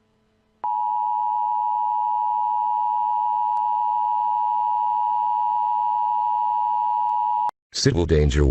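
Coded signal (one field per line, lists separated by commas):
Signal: Emergency Alert System (SAME) tones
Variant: 853 and 960 Hz attention tone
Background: speech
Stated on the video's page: Fictional EAS scenario, not a real broadcast.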